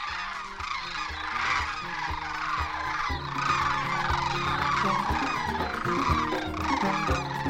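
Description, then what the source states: Sandhill Crane calls: continuous overlapping rattling bugles from a flock, with low sustained tones underneath. A group of cranes flying right overhead near Delta Junction, interior Alaska, on an autumn afternoon.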